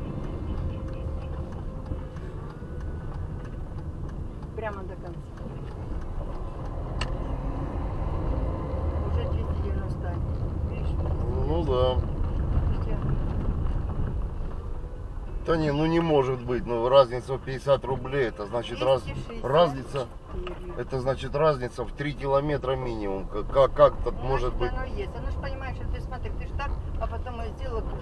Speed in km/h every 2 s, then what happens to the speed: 22, 20, 18, 15, 24, 23, 18, 6, 7, 7, 7, 4, 14, 13.
0-5 slows to 15. 5-8 speeds up to 24. 8-14 slows to 6. 14-22 steady at about 7. 22-24 speeds up to 14.